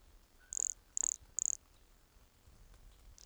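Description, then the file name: Pumpkin toadlet calling: three short, very high buzzy pulsed notes, evenly spaced about half a second apart, followed by quiet hiss. Recorded at Entroncamento, Teba, in January 2020, with the animal 20 cm from the microphone. "MHNCI Brachycephalus sulfuratus Entroncamento Teba 20 cm from microphone LFR JAN-2020"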